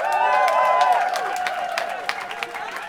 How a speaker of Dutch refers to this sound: Mag ik nog één keer een heel groot applaus voor al onze deelnemers van vanmiddag?